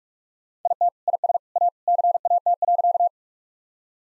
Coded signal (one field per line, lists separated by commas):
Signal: Morse code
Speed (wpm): 41 wpm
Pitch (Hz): 700 Hz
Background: none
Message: IT IS A CAT.